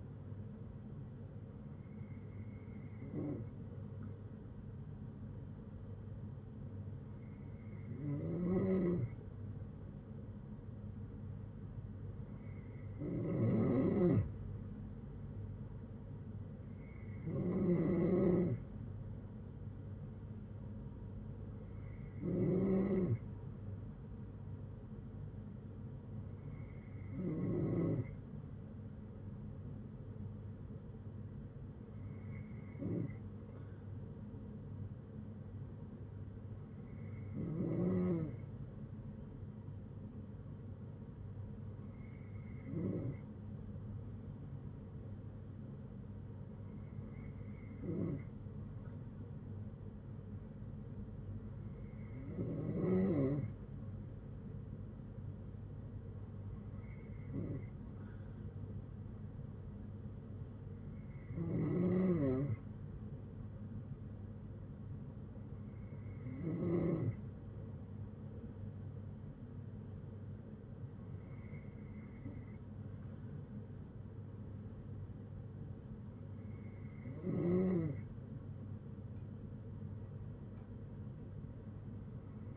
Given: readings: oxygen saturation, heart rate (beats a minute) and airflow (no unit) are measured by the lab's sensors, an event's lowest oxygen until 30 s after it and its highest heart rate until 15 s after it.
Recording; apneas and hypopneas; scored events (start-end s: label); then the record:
breathing in sleep by a smartphone at the bedside; none
40.00-82.56 s: new sleep stage, N3 (deep sleep)
From the record:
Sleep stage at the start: N2 (light sleep); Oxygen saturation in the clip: 93 to 94%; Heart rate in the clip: 58 to 68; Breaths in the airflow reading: 16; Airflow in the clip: -8.1 to 6.4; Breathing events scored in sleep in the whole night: 182 in 7.4 hours asleep